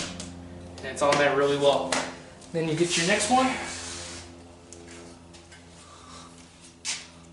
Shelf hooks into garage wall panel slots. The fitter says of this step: come straight down and you hear that click that's